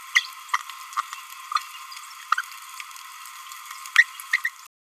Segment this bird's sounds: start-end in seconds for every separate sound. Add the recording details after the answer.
3.96-4.03, 4.45-4.48. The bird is a male. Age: 27 days. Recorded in a nest box in Venezuela. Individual 17B31A2